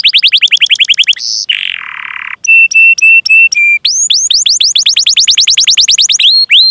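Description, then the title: Canary song: a rapid trill, then a buzzy, lower rattle, then a few spaced whistled notes. It ends in a quick series of rising, sweeping chirps. Canary singing vigorously (gacor), with the best cengkok and the most lavish isian, intended for bird-song training. "Kenari Gacor Cengkok Terbaik Isian Paling Mewah"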